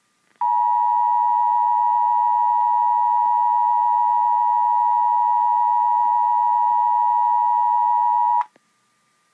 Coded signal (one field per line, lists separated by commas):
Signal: Emergency Alert System (SAME) tones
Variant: 853 and 960 Hz attention tone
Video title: EAS 646 ANOTHER HIGH WIND WARNING